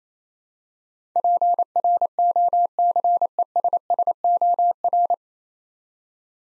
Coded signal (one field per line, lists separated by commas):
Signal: Morse code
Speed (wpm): 29 wpm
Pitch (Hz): 700 Hz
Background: none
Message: PROCESSOR